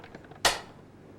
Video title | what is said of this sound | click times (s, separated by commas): 1998 Cuisinart DLC 10 | place the sleeve and Pusher over the large feed tube press down on the sleeve and you'll hear it click | 0.5 s